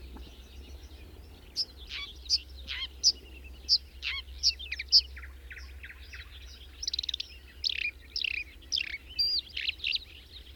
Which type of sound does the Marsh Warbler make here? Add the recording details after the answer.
song. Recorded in the wild. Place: Neklade, Insel Rügen, Mecklenburg-Vorpommern, DE. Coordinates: 54.396, 13.446. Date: 1971-05-31. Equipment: Nagra III BH, Sennheiser MD 21, parabola. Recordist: Schubert, Michael. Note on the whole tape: Gesang Sumpfrohrsänger